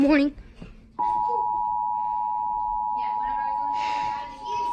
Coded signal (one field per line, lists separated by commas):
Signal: Emergency Alert System (SAME) tones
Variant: 853 and 960 Hz attention tone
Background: speech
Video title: Severe thunderstorm warning [EAS #42]